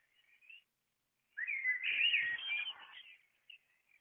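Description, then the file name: Common blackbird song: a warbled phrase of twittering notes lasting under two seconds, with faint notes before and after. "merel"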